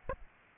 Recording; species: mosquito wingbeat signal from an infrared sensor; Aedes aegypti